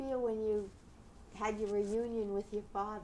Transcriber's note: none